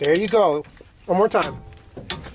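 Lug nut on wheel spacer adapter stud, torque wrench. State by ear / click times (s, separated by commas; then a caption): torque reached / 2.1 s. Someone talks while a torque wrench is pulled once more on the same lug nut, threaded onto a wheel spacer adapter stud on a 5V-EU Toyota Century being fitted with 245/35/20 rims. The wrench gives a sharp click at 2.1 s, confirming the nut is torqued to 100 ft-lb.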